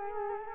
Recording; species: mosquito wingbeat signal from an infrared sensor; Culex quinquefasciatus